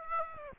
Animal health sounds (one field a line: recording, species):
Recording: mosquito wingbeat signal from an infrared sensor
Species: Aedes aegypti